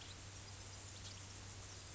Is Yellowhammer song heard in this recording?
no